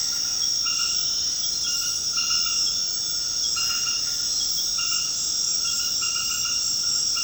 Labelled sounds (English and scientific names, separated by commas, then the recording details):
none
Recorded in secondary vegetation near Puerto Asís, Putumayo, Colombia, on 19 February 2024 at 21:30
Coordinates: 0.472, -76.331
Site G6371